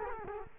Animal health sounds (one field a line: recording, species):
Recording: mosquito wingbeat signal from an infrared sensor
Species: Culex quinquefasciatus